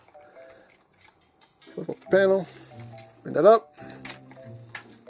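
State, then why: Seated. A small plastic panel on the arm of an MT-01 Monocrat Megatank transforming robot toy is flipped up and pushed until it snaps into place while someone talks. Sharp plastic clicks land at about 4.1 s and 4.8 s as the panel seats.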